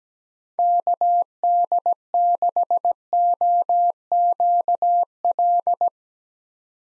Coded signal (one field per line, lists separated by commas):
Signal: Morse code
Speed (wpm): 17 wpm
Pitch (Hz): 700 Hz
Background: none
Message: KD6OQL